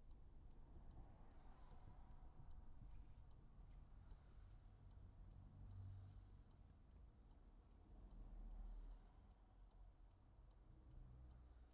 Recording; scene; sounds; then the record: everyday scene through a hearing-aid microphone; in a vehicle; engine idling, traffic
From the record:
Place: Skoda Fabia, gasoline engine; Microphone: behind the ear, right, front